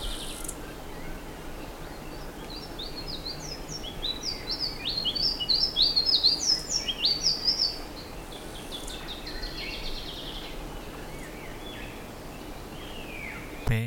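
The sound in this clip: Bird calls: high, quick chirping notes sweeping up and down, bunched into a busy burst near the middle, over steady background hiss.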